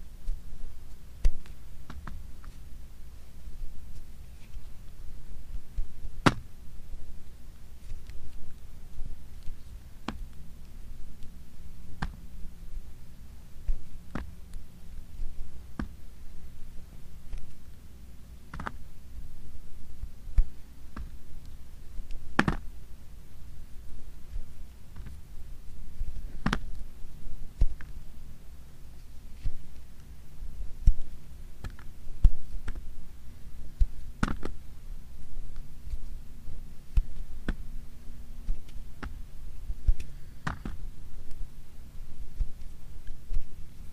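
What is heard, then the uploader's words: Fingernails tap on plastic packaging, producing sharp, bright clicks that arrive irregularly every few seconds, with the crispest ones near 6, 22, 26 and 34 seconds. Between taps, a soft low hum and faint rustling continue steadily. Fingernail tapping on plastic packaging ASMR.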